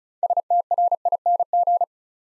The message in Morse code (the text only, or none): STRING